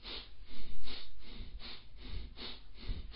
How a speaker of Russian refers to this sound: Теперь посмотрите на него, на кончик этого пальца, не отрывая глаз, думайте об этом кончике и начинайте дышать таким образом. Активнее дышите.